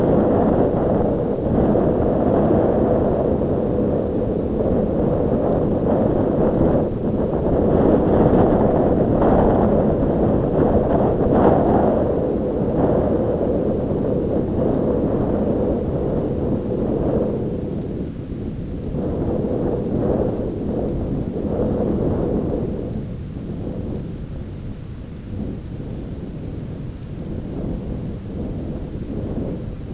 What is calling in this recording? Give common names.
none